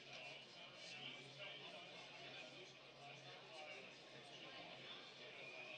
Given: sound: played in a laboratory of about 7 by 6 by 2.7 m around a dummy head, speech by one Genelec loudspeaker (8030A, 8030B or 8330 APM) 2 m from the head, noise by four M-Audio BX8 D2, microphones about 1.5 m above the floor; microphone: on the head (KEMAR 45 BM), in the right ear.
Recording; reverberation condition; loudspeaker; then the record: cafeteria noise; low; four, about 170 cm from the corners of the room and facing them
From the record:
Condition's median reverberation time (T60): about 310 ms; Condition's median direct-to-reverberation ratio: about 3.5 dB